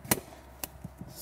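During a sound system install in a BMW G30, a plastic part is pushed back into its mount in the car interior. Sharp clicks at 0.1 s and 0.6 s are heard, and the part snaps home, seated.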